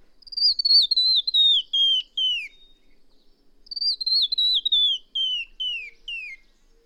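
Bird song in two phrases, each a fast string of clear whistled notes stepping gradually lower, separated by a short pause.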